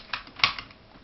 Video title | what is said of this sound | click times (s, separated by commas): WE M14 EBR airsoft gun Review | hmm there we go you just kind of mess around with it for a few seconds until you get it in place and then you just rotate that downwards and it clicks into place just like the real one | 0.4 s